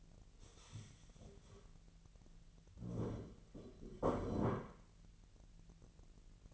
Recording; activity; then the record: daily activity, microphone in the room; stand up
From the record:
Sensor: 4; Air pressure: 1002.8 hPa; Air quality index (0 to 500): 250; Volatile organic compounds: 30 ppm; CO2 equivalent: 2966 ppm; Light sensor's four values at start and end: 10/22/9/9 and 10/22/9/9